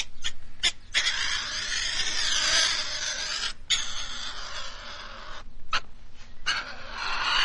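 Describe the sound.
European pine marten giving rough, wavering screeching calls with a few sharp clicks between them.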